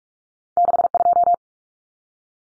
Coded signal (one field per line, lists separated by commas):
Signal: Morse code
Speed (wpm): 44 wpm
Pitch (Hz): 700 Hz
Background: none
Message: 62